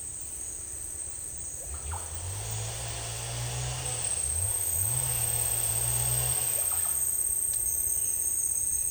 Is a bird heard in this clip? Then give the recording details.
no. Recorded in secondary vegetation near Puerto Asís, Putumayo, Colombia, on 26 December 2024 at 10:30. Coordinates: 0.484, -76.319. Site GP06